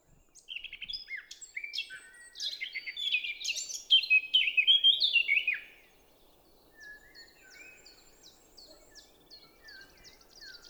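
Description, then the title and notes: Eurasian blackcap singing a fast, tumbling warble that builds into loud, clear, fluty phrases, then fades to faint scattered notes. Recorded 10 April 2020 at Champs des Blas, Val Maravel, after the dawn chorus; melodious song; Nagra LB stereo omni MKH20. "Fauvette à tête noire (Sylvia atricapilla). Champs des Blas - Val Maravel"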